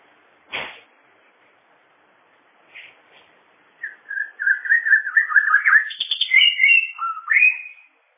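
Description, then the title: Bird song: a sharp click and a faint short note, then a four-second run of rising and falling whistled warbling notes. "kikicau"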